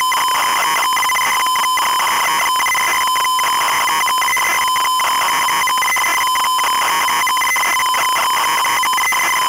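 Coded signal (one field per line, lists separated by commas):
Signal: ZX Spectrum tape loading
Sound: harsh buzzing tone near 1 kHz with rapid warbling breaks and crackly bursts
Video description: Were you able to find which game's loading sound was used as soundtrack?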